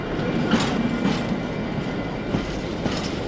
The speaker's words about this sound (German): wir überholen gerade einen Zug mit lauter Autos drauf. Mensch, ist der langsam. Der Autozug hat aber auch ganz schön viel zu tragen. Auf jeden seiner Wagen passen 10 Autos.